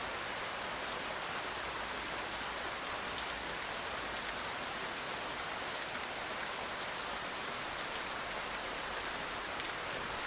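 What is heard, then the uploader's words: Steady rain falls at night, a dense, even hiss of countless drops that holds constant for the whole stretch. Brighter taps stand out here and there, like drops striking glass, with a faint low rumble underneath. Heavy Rain at Night. The rain pattered gently against the window.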